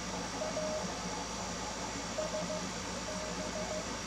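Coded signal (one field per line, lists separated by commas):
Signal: Morse code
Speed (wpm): 16 wpm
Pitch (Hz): 620 Hz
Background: none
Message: A S B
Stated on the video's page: CW from a flea field day and on 20 meters at night.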